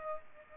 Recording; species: mosquito wingbeat signal from an infrared sensor; Aedes aegypti